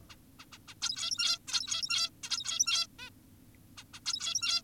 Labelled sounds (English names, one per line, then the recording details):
Zebra Finch
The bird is an adult
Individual g17y2U